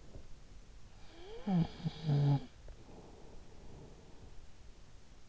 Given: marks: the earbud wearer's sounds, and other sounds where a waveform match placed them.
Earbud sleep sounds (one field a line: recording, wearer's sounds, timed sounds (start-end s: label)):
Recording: sounds in sleep by an in-ear microphone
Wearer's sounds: snoring breath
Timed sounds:
0.80-4.49 s: snoring breath